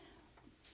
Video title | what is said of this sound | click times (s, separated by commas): Create a card along with Laura Milligan using the Detailed Dogwood Stamp Set by Stampin' Up! | you can see how it just so it fits in there it snaps right in place | 0.6 s